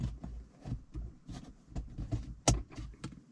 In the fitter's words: you heard the click